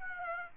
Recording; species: mosquito wingbeat signal from an infrared sensor; Aedes aegypti